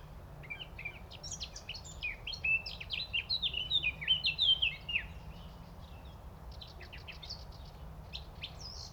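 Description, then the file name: Eurasian blackcap song: a brisk twittering warble growing louder for about five seconds, then faint scattered high notes over steady low background hum. "Sylvia atricapilla"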